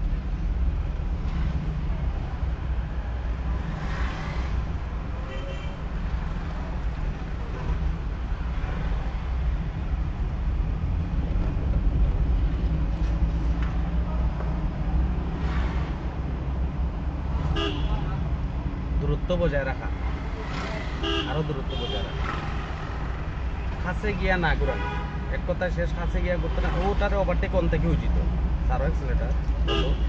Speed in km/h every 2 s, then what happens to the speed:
11, 17, 15, 9, 9, 14, 20, 25, 28, 29, 26, 24, 19, 19, 23.
3-6 slows to 9. 9-17 speeds up to 29. 17-24 slows to 19.